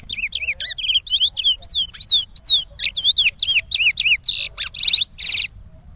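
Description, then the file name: Chestnut-bellied seed finch song, fast melodic string of sweet down-slurred and rising whistles ending in buzzy, trilled notes; faint steady whine in the background. "canto do curio"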